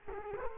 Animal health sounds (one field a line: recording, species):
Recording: mosquito wingbeat signal from an infrared sensor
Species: Culex quinquefasciatus